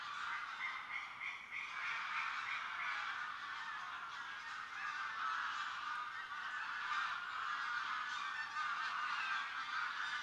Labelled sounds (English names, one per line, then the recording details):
White-tailed Eagle call
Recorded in the wild
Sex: pair
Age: adult
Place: Niederspree, Niederspreer Teichgebiet, Sachsen, DE
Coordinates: 51.3939, 14.8722
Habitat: ponds
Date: 2008-07-31
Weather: heiter, 17°C, windstill
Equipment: Fostex FR2-LE, 2 Sennheiser ME64, Rycote-Windschutz
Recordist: Frommolt, Karl-Heinz